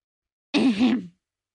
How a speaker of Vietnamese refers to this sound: Tiếng hắng giọng của ông Lâm làm óc Lâm Hạo bừng tỉnh, vội vã thu bàn tay của mình về, nắm chặt lại.